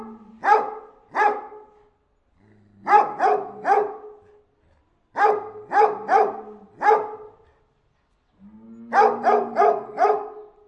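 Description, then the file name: Anatolian Shepherd dog giving bursts of two to four barks separated by short silences, with a low droning whine between bursts. "dog anatolian chomar"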